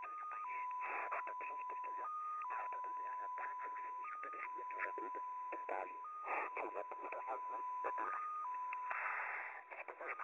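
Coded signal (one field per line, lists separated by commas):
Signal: multi-tone FSK (Olivia or MFSK type)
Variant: XPA2 14-tone MFSK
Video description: XPA2 is a digital mode of the Russian 7 operator. It utilizes a custom 14-tone MFSK system.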